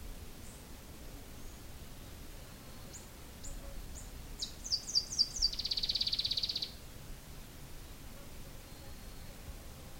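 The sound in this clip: Moustached brush finch song: thin high notes speeding into sharp downslurred chips, then a rapid buzzy trill lasting about a second, over steady low background noise.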